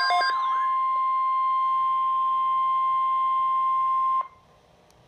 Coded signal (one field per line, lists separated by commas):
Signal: Emergency Alert System (SAME) tones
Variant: 1050 Hz attention tone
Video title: Severe Thunderstorm Watch #290 - EAS #656